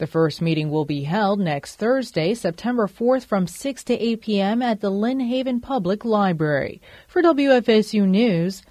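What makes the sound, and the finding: Adult female news reporter. Typical speech.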